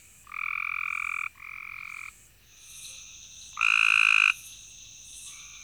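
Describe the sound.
Cope's gray treefrog trilling: a few buzzy, harsh trills, each up to about a second long, with a high insect hum throughout.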